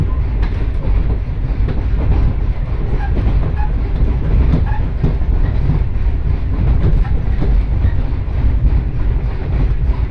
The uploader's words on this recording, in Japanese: 耳で楽しむ鉄道旅 城端線 油田→城端。城端線の終点城端駅は山がすぐ近くまで迫ってきており、その先には五箇山が控えているいわゆる行き止まりらしさが残る駅です。昔ながらの塗装の気動車が2両のんびりと走っていきます。